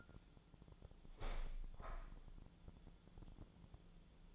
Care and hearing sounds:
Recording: daily activity, microphone in the room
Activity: open window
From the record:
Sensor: 5

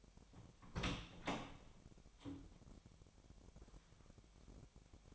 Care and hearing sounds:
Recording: daily activity, microphone in the room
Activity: open door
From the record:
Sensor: 1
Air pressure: 1007.3 hPa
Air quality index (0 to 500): 198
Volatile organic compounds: 19 ppm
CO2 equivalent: 2668 ppm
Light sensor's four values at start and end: 13/32/13/15 and 13/34/14/15

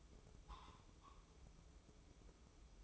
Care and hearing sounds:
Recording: daily activity, microphone in the room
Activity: take from stove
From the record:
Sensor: 1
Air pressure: 995.4 hPa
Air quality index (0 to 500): 30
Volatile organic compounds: 1 ppm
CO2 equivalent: 554 ppm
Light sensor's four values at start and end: 29/102/39/40 and 29/102/39/40

